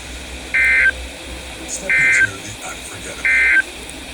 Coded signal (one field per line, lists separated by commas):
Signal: Emergency Alert System (SAME) tones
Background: speech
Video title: SVR And FFW (EAS#354-355)